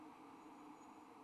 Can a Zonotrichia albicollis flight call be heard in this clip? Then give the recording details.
no. No flight call is heard. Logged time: 11:30 on 8 December 2014